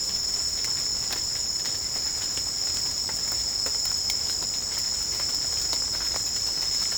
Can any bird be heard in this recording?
no